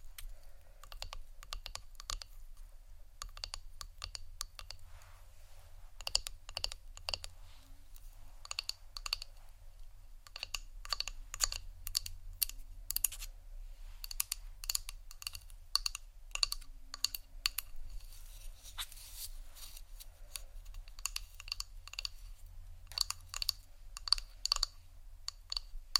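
Quick, crisp tapping on hard objects like wood, ceramic and a book, with sharp bright clicks coming in irregular bursts throughout. The taps vary in rhythm, sometimes rapid like typing, sometimes spaced out. A low steady hum sits underneath the whole time.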